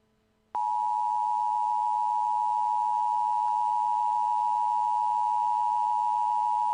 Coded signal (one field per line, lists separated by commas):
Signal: Emergency Alert System (SAME) tones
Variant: 853 and 960 Hz attention tone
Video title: EAS Scenario #4 Flying Butts